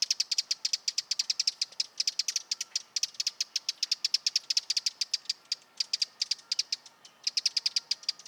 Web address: Vogelstimmen Vogelstimme Zaunkoenig 2-Eurasian Wren - Troglodytes troglodytes troglodytes